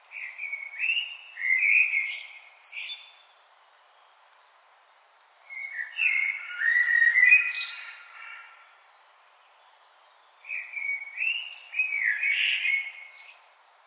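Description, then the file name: Common blackbird song, three fluted warbling phrases about every five seconds, each ending in a high squeaky flourish, with silence between. "Turdus merula"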